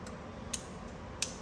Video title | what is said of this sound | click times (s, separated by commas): BMW Code 10921A - Thermostat Replacement BMW 750i - G12 (15-2021) | we go now it's locked in place | 0.5 s, 1.2 s